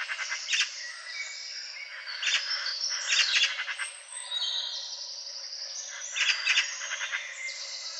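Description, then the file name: Eurasian magpie rattling in short, scratchy bursts, while thin whistled notes from other birds run throughout. "Pica pica"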